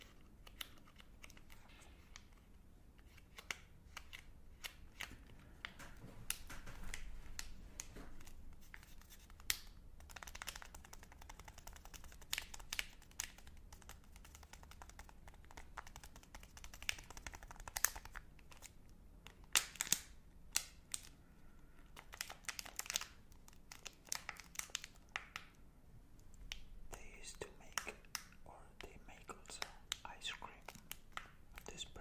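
Unwrapping and eating a Magnum chocolate: dense, irregular crinkles and sharp crackly snaps scattered throughout, with soft low rustling underneath.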